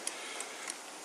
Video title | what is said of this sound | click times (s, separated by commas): Zafira New engine from main dealer | Heard the click. The camshaft won't turn. | 0.1 s, 0.7 s